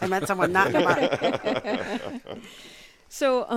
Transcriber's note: laughter